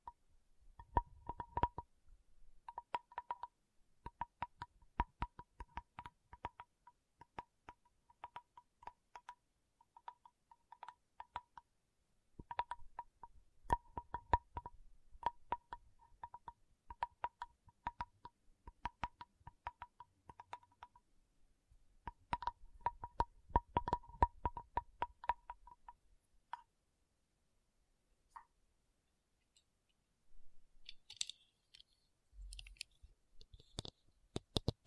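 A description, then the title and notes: Crisp tapping in dense, irregular bursts with a faint steady tone beneath, pausing around 26 seconds before sparse taps and brighter rustles return. Tapping Session (No Talking).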